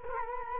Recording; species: mosquito wingbeat signal from an infrared sensor; Culex quinquefasciatus